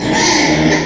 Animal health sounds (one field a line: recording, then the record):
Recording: squeal of a Yucatan mini pig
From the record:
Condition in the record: before surgery on the right vocal fold (resection and tissue-engineered implant)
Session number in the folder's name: 1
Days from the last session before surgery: -3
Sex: male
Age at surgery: 12 weeks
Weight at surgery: 13 kg